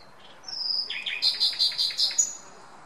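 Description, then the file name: Common nightingale song phrase: a long high whistle, then a quick series of loud, pulsing repeated notes. "Luscinia megarhynchos"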